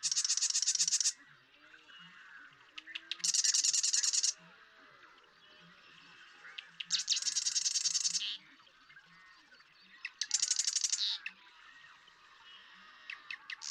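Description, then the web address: Marsh Wren song: four loud, mechanical rattling trills, each about a second long, with softer chatter between. "birdsongforthecurious Marsh Wren"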